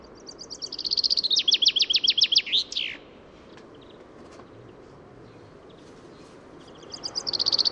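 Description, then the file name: Common chaffinch song: a full trill of high repeated notes ending in a flourish, a quiet gap, then another song beginning. "Fringilla coelebs"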